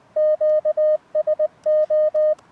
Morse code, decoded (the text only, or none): QSO